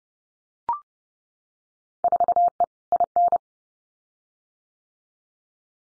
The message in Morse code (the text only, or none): 4E IN